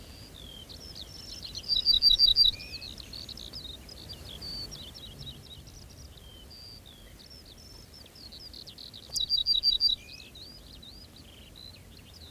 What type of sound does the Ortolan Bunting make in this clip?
song